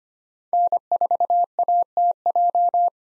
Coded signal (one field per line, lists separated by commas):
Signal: Morse code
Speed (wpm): 25 wpm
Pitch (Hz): 700 Hz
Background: none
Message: N4ATJ